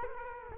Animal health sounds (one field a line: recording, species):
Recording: mosquito wingbeat signal from an infrared sensor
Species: Culex quinquefasciatus